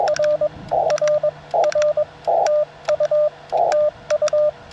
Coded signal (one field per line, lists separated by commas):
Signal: Morse code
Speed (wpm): 22 wpm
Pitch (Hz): 600 Hz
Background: radio noise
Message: R R R TU TU